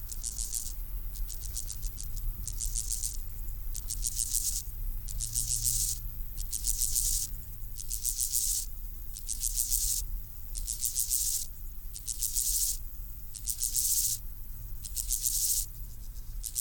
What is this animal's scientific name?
Chorthippus dorsatus